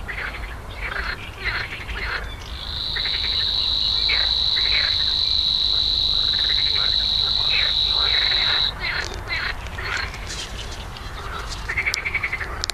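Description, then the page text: Savi's warbler song, a sustained high mechanical reel lasting about six seconds, with repeated grating, chattering notes from other birds before and after. Recorded at Slatina pond, Prague, Czech Republic, 16 June 2013, 21:31–21:35 CEST; nests there regularly in small numbers, at least two breeding pairs in 2013. "Locustella luscinioides"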